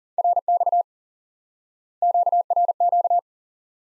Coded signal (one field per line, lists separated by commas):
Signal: Morse code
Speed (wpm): 40 wpm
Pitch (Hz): 700 Hz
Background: none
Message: RX QRQ